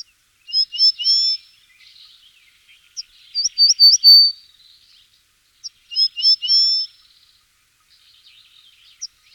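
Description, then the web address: Cretzschmar's bunting singing short high phrases of a few clear, slurred whistled notes, repeated every few seconds. "All the bird songs of Britain and Europe - Jean-Claude Roche. Emberiza caesia"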